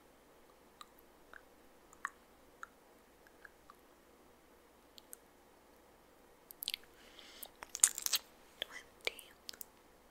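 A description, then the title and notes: Quiet mouth sounds while lip gloss is applied: sparse soft clicks and light smacks for the first six seconds, then a denser burst of wet, sticky smacks and crackly lip noises from about six and a half to nine and a half seconds, over near silence. Layers Of Lipgloss.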